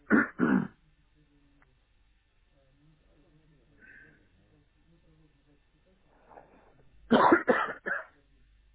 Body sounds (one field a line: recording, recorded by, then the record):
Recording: voluntary cough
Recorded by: telephone call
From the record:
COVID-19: negative